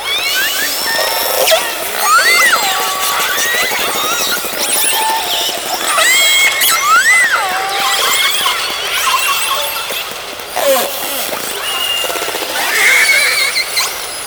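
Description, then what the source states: Orcas calling in a dense chorus: many overlapping whistles and pulsed calls, some sweeping up and down in loops, others harmonic and buzzy, continuous throughout with clicks underneath. Southern resident killer whales gathered in a superpod.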